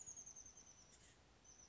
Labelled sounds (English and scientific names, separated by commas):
Oak Titmouse (Baeolophus inornatus)